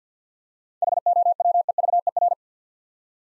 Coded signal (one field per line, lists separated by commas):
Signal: Morse code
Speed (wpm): 50 wpm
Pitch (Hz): 700 Hz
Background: none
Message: HOWEVER